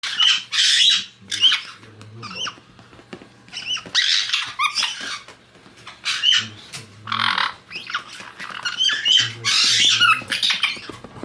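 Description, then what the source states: White-bellied caique chick squawking in repeated loud, buzzy screeches with some whistled inflections, over a faint low hum. Chick in a playful, excited mood.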